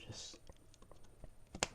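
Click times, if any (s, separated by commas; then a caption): 1.6 s. Someone talks briefly while a memory module is pressed into a slot on an MSI Tomahawk Z490 motherboard in an Intel Core i9-10900K build, with a few faint small clicks along the way. At 1.6 s a single loud, sharp snap is heard as the plastic retention clips on both ends of the slot lock. The module is seated, snapped into place on both sides.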